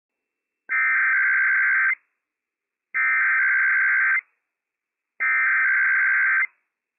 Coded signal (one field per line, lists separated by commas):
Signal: Emergency Alert System (SAME) tones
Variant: header bursts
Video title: IPAWS Required Weekly Test - WWF56 - EAS #152 - 11:01 AM PDT 8/9/21